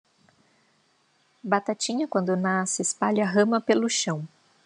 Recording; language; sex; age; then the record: short text; Brazilian Portuguese; female; 30 to 39 years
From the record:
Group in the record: control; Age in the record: 36 years